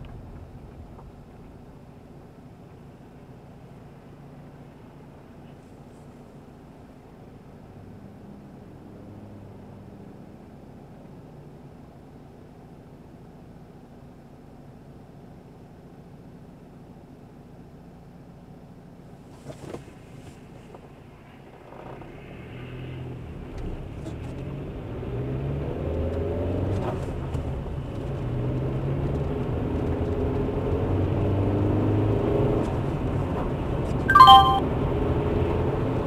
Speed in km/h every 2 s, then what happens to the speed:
2, 0, 0, 0, 0, 0, 0, 0, 0, 0, 0, 8, 19, 23, 33, 42, 45, 57.
0-21 standing. 21-36 pulls away to 57.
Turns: none.